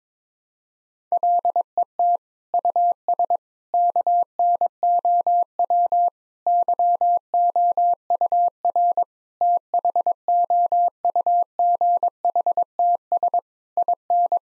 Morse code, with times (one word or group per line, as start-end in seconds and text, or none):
1.1-2.2 LET
2.5-3.4 US
3.7-6.1 KNOW
6.5-9.0 YOUR
9.4-13.4 THOUGHTS
13.8-14.4 IN